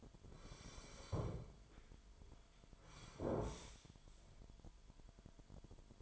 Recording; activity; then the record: daily activity, microphone in the room; sit down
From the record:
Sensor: 5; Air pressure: 998.7 hPa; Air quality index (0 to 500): 92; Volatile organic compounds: 2 ppm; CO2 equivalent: 1054 ppm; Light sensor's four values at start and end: 32/78/32/36 and 32/79/33/36